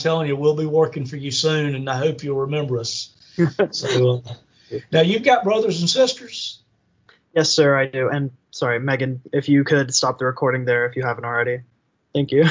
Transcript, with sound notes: I’m telling you we’ll be working for you soon and I hope you remember us. (laughter) Now you’ve got brothers and sisters?
Yes sir, I do, and, sorry Megan, if you could stop the recording there if you haven’t already, thank you.